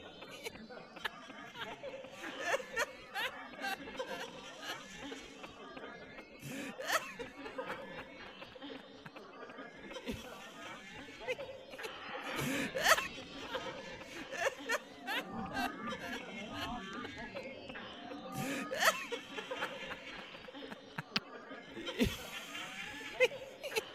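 Laughter in a theatre, with many voices overlapping in a dense, continuous murmur of chuckles and chatter. Sharp bright bursts and clicks pop up every second or two, and the laughter swells louder around the middle and again near the end.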